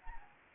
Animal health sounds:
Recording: mosquito wingbeat signal from an infrared sensor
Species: Anopheles gambiae

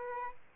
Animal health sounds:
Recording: mosquito wingbeat signal from an infrared sensor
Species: Aedes albopictus

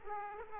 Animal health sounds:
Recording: mosquito wingbeat signal from an infrared sensor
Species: Aedes aegypti

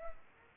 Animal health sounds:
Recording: mosquito wingbeat signal from an infrared sensor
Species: Culex pipiens

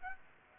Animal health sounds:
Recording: mosquito wingbeat signal from an infrared sensor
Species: Aedes aegypti

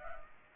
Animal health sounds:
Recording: mosquito wingbeat signal from an infrared sensor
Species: Culex pipiens

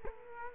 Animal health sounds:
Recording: mosquito wingbeat signal from an infrared sensor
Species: Culex quinquefasciatus

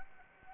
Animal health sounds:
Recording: mosquito wingbeat signal from an infrared sensor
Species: Anopheles arabiensis

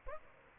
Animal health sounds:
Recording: mosquito wingbeat signal from an infrared sensor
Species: Aedes aegypti

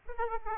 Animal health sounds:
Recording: mosquito wingbeat signal from an infrared sensor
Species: Aedes aegypti

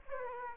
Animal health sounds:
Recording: mosquito wingbeat signal from an infrared sensor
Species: Aedes aegypti

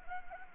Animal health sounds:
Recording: mosquito wingbeat signal from an infrared sensor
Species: Anopheles arabiensis

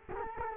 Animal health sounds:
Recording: mosquito wingbeat signal from an infrared sensor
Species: Culex quinquefasciatus

